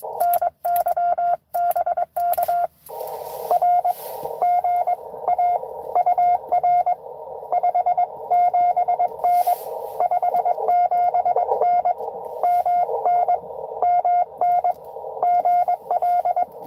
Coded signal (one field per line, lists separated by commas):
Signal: Morse code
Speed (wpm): 21 wpm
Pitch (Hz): 690 Hz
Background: radio noise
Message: NY BK R GA UR 57N 57N MN MN GL